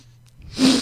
A loud sniff.